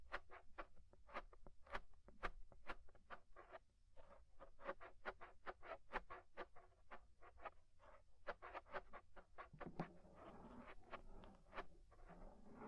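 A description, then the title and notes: Close ear scraping, a quick, regular run of sharp scratchy strokes, several per second, turning rougher and denser with rustling after ten seconds. Inner and Outer Ear Scraping (No Talking).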